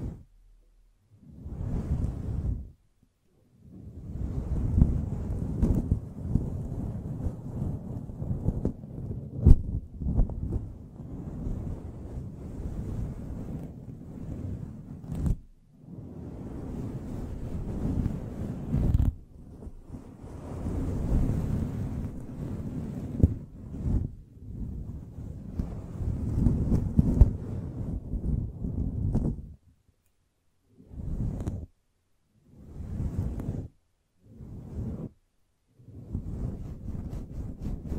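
A microphone being brushed and scratched, making low, dull rubbing and scraping noises in long uneven bursts, some lasting several seconds. Toward the end the handling breaks into shorter strokes separated by brief silences, with a few sharp clicks scattered throughout.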